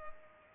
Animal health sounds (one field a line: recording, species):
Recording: mosquito wingbeat signal from an infrared sensor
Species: Culex pipiens